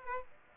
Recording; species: mosquito wingbeat signal from an infrared sensor; Aedes aegypti